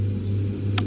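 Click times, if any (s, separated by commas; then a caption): 0.8 s. A front wheel swivel lock on a Mockingbird stroller is pushed down so the wheel locks straight for rough terrain and easier steering. Over a steady low hum, a single sharp click sounds at 0.8 s as the lock seats into place.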